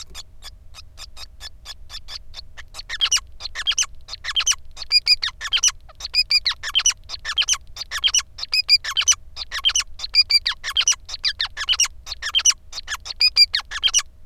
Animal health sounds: song of a male Bengalese finch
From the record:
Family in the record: son of father 5

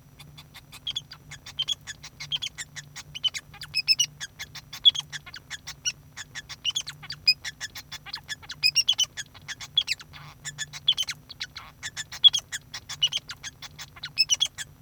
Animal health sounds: song of a male Bengalese finch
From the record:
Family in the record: son of father 2

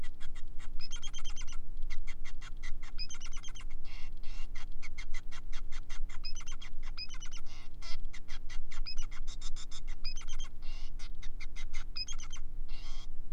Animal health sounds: song of a male Bengalese finch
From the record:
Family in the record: son of father 5

